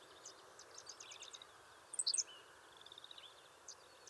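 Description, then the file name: Henslow's sparrow song: a single quick, high, hiccup-like phrase, with soft high trills around it and steady background hiss. "Ammodramus henslowii - Henslow's Sparrow"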